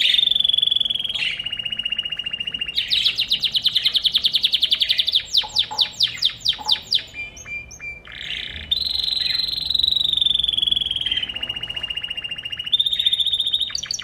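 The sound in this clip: Bird song mixing steady whistled notes, buzzy trills and a burst of rapid chirps, followed by more long, rolling high trills.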